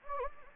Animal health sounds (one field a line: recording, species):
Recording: mosquito wingbeat signal from an infrared sensor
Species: Anopheles gambiae